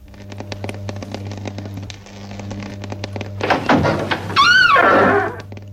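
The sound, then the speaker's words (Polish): A box, the 'skrzynia władcy piorunów', is opened in a radio studio: a run of soft clicks and taps from handling, then a louder burst of scraping and rustling with a brief squeak, all over a steady low hum, with no talking. “A, to teraz otwórzmy ją może.”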